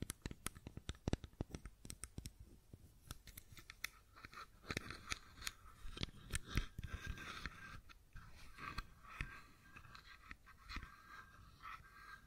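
Fidget cube tapping and clicking in rapid, irregular bursts of sharp clicks and taps, with brief scraping and rubbing between them.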